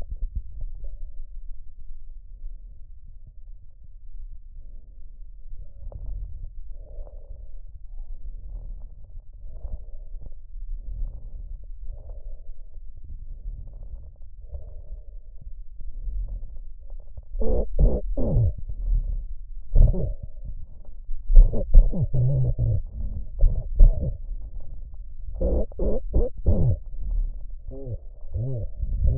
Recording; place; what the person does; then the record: lung sounds by stethoscope; trachea; quiet breathing, then cough and speech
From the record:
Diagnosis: COPD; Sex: male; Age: 70 years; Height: 170 cm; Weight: 74 kg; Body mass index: 25.6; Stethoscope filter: extended mode